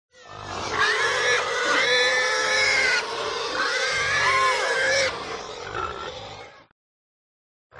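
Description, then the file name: Pigs squealing and screaming in a herd: many overlapping shrill, harmonic squeals sustained for about six seconds, with low grunting beneath, then a brief silence. "smartsound ANIMAL PIG Herd Grunt Scream Many"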